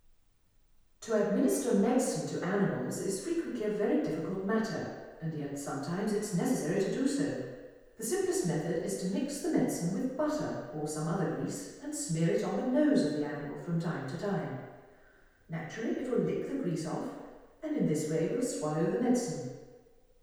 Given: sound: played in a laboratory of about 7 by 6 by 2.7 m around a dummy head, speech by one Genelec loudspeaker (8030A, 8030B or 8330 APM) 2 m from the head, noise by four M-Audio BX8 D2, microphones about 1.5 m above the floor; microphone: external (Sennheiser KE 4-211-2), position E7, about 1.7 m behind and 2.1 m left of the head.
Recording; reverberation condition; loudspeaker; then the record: female speech in English; high; in front (0 degrees)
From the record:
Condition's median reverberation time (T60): about 1300 ms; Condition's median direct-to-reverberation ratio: about -4.0 dB